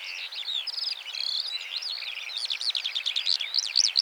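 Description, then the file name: Eurasian skylark song: fluid warbled phrases that turn into quick repeated notes toward the end, delivered without pause. "Eurasian Skylark Alauda arvensis"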